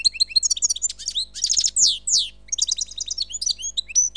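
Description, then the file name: Bird song mixing high chirps, rapid descending notes and two longer slurred whistles, ending in twittering. "Seyreh - Bird Sound"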